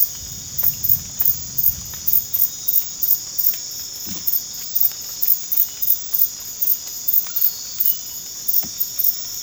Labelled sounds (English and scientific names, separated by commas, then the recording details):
none
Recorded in dense forest near Puerto Asís, Putumayo, Colombia, on 8 March 2025 at 01:00
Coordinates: 0.486, -76.317
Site G053